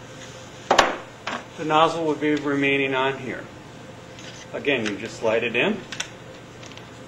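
A previously used two-part adhesive cartridge with its nozzle still on is handled and slid into a dispensing gun while someone talks. Sharp knocks are heard around 0.7 s and 1.3 s, with lighter taps near the end. Nothing has seated or clicked yet.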